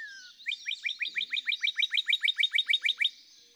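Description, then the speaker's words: Northern Cardinal song: a fast, even trill of many identical downslurred chips, each a sharp whistled note, after a soft lead-in note. Played recording of a male singing to the female while she incubates and broods the young at the nest. "When the male is nearby, he sings to the female."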